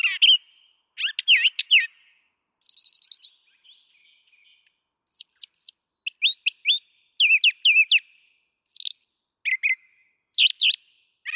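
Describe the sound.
Brown thrasher song: varied phrases, mostly doubled or tripled, with sweeping whistles and harsh chatters, separated by brief pauses.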